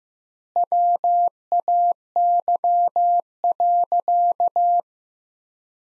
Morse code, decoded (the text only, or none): WAY.